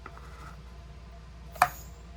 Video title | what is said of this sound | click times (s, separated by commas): Unboxing, Breaking Down, and Reassembly | Now you heard the gun charge. | 1.6 s